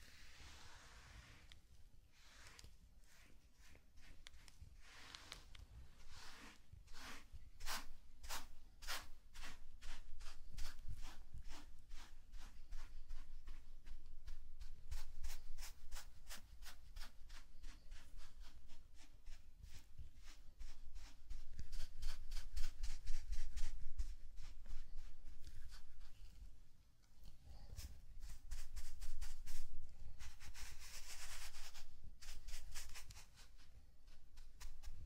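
Sand being brushed and rubbed with rapid crinkly strokes and dense bursts of sharp taps, swelling in waves around 25 and 30 seconds.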